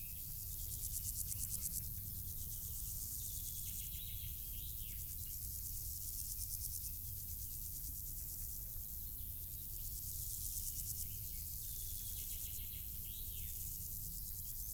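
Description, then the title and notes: Insects in the grass give high, pulsing stridulation in repeated bursts of several seconds, with faint bird notes and a steady low background rumble. Insects stridulating in grass on île Gabriel, Brangues, France, during a Rhône scouting trip; sunny summer afternoon, June 2021; two small Lom Usi Pro capsules in stereo AB placed in the grass, SD MixPre 6. "île Gabriel - Brangues, France - Bourdons et crissements estivaux. Une après-midi ensoleillée sur l'île Gabriel. en juin 2021. je dépose deux petites capsules dans l'herbe afin de capter les stridulations des insectes à cette saison"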